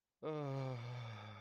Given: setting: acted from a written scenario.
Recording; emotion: vocal sound without words; ecstasy